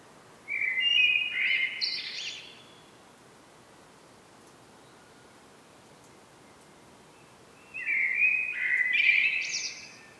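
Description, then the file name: Common blackbird singing two separate phrases roughly seven seconds apart, mellow whistled notes ending in a squeaky, higher warble; faint steady background hiss. "Turdus merula"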